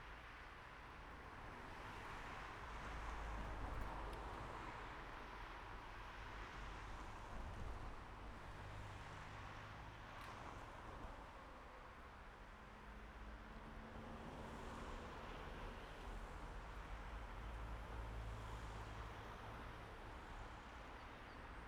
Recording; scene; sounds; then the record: everyday scene through a hearing-aid microphone; in traffic; traffic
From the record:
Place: main road on the outskirts, rush hour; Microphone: behind the ear, right, rear